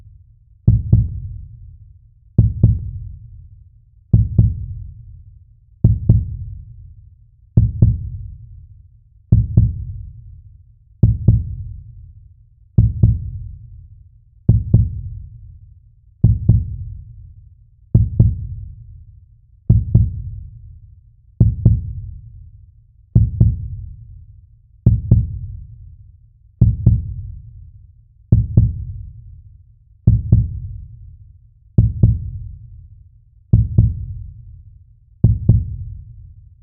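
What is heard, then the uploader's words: A heartbeat thumps at a slow, perfectly even pace, roughly once every second and three quarters. Each beat is a deep double thud with a short rumbling tail, and near silence fills the gaps between beats. All of this is accompanied by the soothing and rhythmic sound of a heartbeat.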